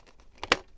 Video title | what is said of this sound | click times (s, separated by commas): TVC Streets of Mos Eisley Playset Unboxing, Review & Display! Weathering added! | there's the click again. So, it locks into place. | 0.5 s